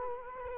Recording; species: mosquito wingbeat signal from an infrared sensor; Culex quinquefasciatus